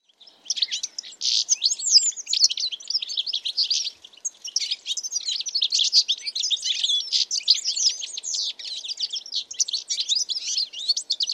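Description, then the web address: Bird calls in a dense continuous chatter of high rapid chirps and trills, overlapping notes with hardly a break, faint low background noise. "cianscape. Deverinetal 2025. Bird Only"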